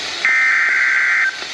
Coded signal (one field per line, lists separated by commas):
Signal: Emergency Alert System (SAME) tones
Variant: header bursts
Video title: EAS 165-198, Faradays Revenge